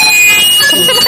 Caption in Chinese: 这个真的是我们专业当中会经常出现的一种啸叫声啊。 那这也可能在我们的主动性耳鸣当中出现。